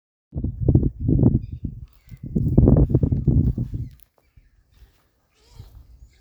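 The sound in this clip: Heron croaks: two loud runs of rough, low rattling calls, then quiet with a few faint grunts near the end.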